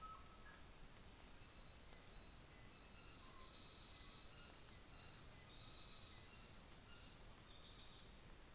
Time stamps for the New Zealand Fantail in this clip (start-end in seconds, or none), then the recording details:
none. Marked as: faintness 4/5. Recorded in New Zealand on 24 December 2018. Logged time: 11:00